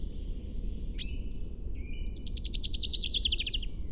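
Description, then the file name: Common chaffinch: a sharp note, a thin whistle, then a rapid series of buzzy notes that fall in pitch, over a low background rumble. "Fringilla coelebs"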